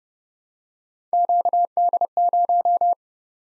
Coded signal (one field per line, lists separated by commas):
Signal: Morse code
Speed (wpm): 30 wpm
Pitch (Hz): 700 Hz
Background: none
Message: QD0